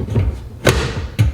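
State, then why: Seated. A non-stick grill pan with a handle is fitted into the basket of a 6-quart Nuwave Brio air fryer. Two thump-like clicks are heard at 0.7 s and 1.2 s, and the pan seats firmly in place.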